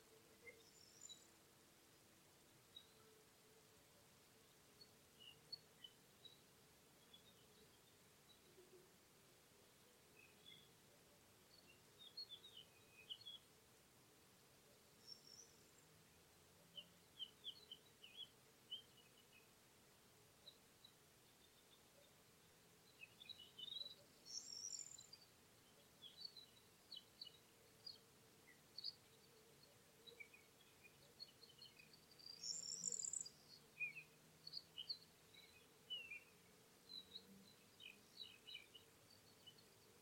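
Birdsong over spring cereal fields: corn buntings, little bustard and bee-eaters. Short, bright chirps and trills come scattered throughout, growing busier after about 23 seconds. A faint, steady low hum runs underneath the whole time.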